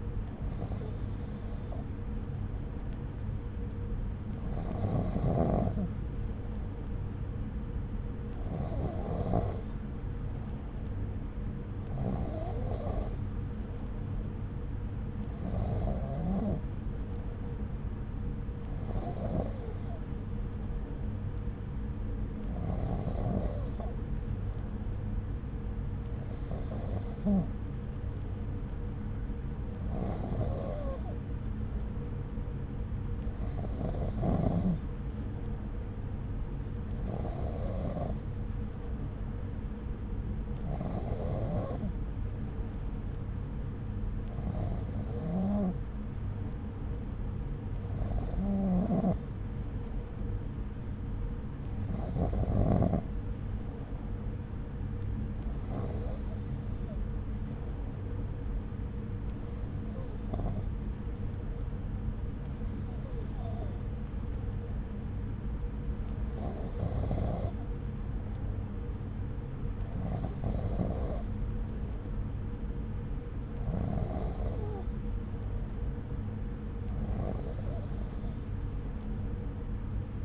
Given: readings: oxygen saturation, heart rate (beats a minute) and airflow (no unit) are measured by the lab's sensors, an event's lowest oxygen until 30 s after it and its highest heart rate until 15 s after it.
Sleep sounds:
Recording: breathing in sleep by a smartphone at the bedside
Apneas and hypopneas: none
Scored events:
52.00-80.25 s: new sleep stage, N3 (deep sleep)
From the record:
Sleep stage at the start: N2 (light sleep)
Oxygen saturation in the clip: 93 to 94%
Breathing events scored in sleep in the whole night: 303 in 8.1 hours asleep

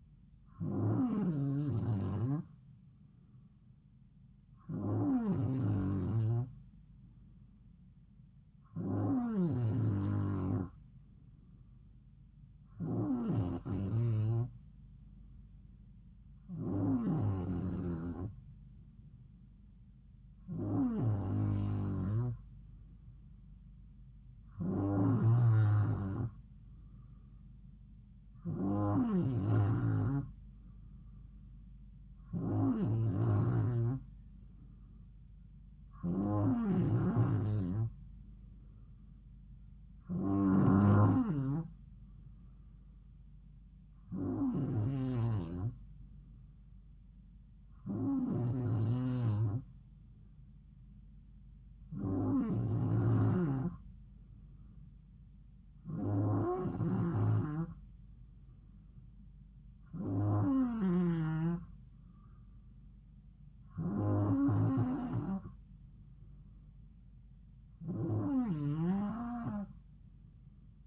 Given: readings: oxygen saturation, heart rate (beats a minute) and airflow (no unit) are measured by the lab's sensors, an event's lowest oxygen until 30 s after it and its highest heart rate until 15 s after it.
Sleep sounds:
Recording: breathing in sleep by a smartphone at the bedside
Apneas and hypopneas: none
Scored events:
19.00-70.87 s: new sleep stage, N2 (light sleep)
From the record:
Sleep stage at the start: N3 (deep sleep)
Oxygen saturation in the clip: 92 to 93%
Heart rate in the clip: 67 to 71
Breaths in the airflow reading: 18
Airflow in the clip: -3.4 to 2.9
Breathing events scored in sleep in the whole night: 270 in 6.1 hours asleep

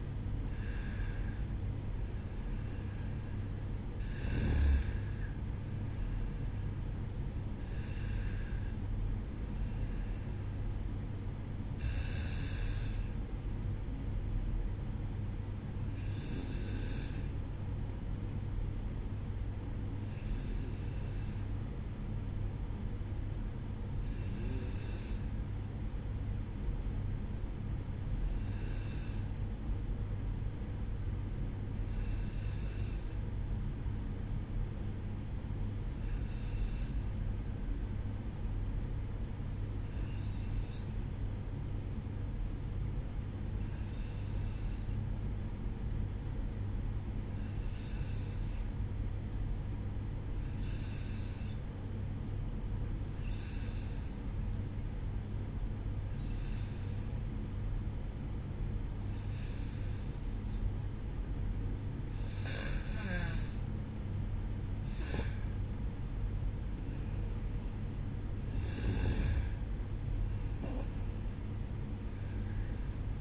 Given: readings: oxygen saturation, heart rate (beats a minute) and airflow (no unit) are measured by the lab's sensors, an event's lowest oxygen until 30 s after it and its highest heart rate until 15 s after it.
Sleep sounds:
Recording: breathing in sleep by a smartphone at the bedside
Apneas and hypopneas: 1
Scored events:
25.00-55.00 s: new sleep stage, N2 (light sleep)
28.00-65.40 s: hypopnea (N2, oxygen 95% highest, then 91% lowest, heart rate 57 at the start, 62 highest)
55.00-73.21 s: new sleep stage, N1 (lightest sleep)
From the record:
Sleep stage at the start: N1 (lightest sleep)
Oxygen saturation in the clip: 91 to 95%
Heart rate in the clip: 57 to 64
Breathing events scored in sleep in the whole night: 305 in 9.6 hours asleep

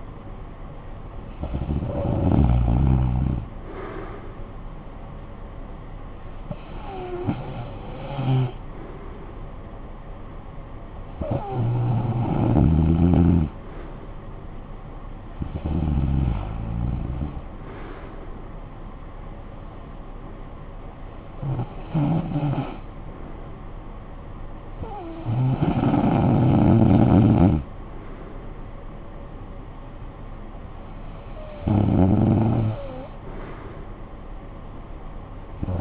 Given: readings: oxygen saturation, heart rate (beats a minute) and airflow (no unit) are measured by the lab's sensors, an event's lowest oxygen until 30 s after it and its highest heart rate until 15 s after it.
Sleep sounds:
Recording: breathing in sleep by a smartphone at the bedside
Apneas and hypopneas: none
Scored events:
none scored
From the record:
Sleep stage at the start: REM sleep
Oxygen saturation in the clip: 93 to 96%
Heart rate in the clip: 58 to 65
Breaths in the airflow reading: 8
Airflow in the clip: -15.1 to 8.9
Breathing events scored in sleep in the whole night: 445 in 7.6 hours asleep

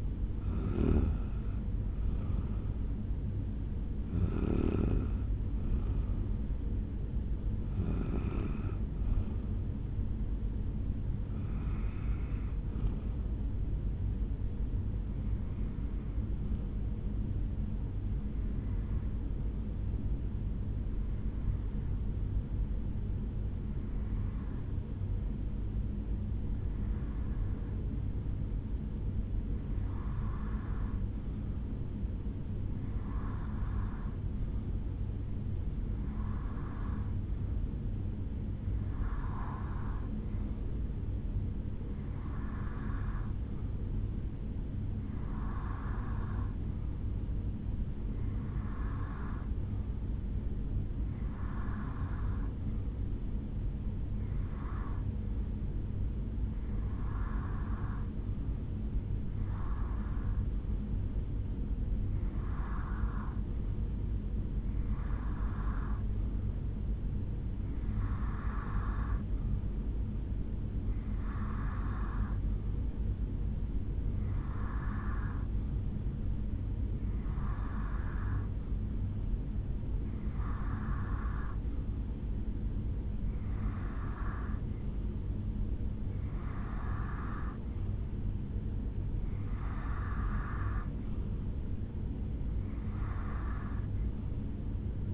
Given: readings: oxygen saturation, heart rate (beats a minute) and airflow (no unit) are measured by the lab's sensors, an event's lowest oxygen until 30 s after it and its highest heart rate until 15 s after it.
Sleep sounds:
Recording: breathing in sleep by a smartphone at the bedside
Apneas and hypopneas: 1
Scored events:
21.00-82.30 s: hypopnea (REM, oxygen 96% highest, then 88% lowest, heart rate 64 at the start, 71 highest)
From the record:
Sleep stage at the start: REM sleep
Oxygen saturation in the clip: 85 to 96%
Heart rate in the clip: 64 to 76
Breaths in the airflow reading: 25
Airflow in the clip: -5.8 to 4.9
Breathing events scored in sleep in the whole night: 449 in 7.0 hours asleep

